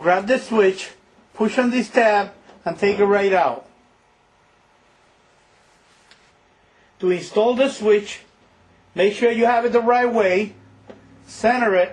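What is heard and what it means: Someone talks while a new lid switch for a Maytag washing machine is lined up the right way and centred on the washer's lid switch holder, ready to be pushed in. A quiet pause in the middle holds only a faint brief tick around 6.1 s. Nothing has seated or clicked into place yet.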